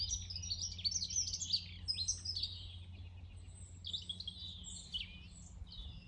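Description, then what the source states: Birds sing high, quick chirping and twittering phrases in two bursts, over a constant low hum. Birds singing in the morning.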